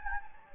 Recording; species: mosquito wingbeat signal from an infrared sensor; Anopheles gambiae